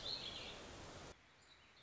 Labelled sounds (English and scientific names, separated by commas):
Warbling Vireo (Vireo gilvus)